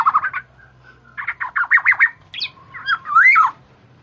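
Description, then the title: Black-naped oriole chatter: rapid burbling note series, then a loud rising-and-falling whistled slur near the end. Female bird; chattering song (ocehan), used for luring. "ocehan kepodang BETINA untuk panci"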